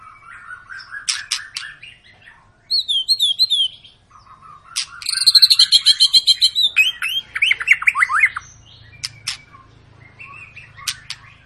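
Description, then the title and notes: White-rumped shama singing varied phrases: soft rising notes, a bright repeated whistle, a fast loud trill and downslurred whistles, then quieter clicks. Long lure song of an actively singing shama, used to prompt other birds to sing. "Pancingan Murai Batu Gacor Panjang. muraiku"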